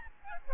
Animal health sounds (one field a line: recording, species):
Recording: mosquito wingbeat signal from an infrared sensor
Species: Aedes albopictus